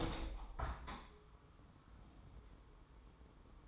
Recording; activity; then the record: daily activity, microphone in the room; open window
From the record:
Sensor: 1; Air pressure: 999.8 hPa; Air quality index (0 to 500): 230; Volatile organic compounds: 92 ppm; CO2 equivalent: 3697 ppm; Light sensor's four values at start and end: 10/25/10/11 and 11/27/11/12